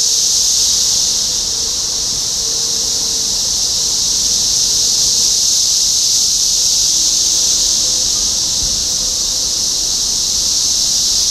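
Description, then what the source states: Dense cicada drone holding one shrill, even pitch throughout, over a faint low tonal hum. Topeka, Kansas, 14 June 2015.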